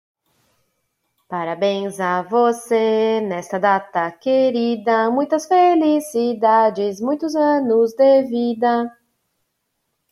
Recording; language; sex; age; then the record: short text; Brazilian Portuguese; female; 30 to 39 years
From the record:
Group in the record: control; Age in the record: 38 years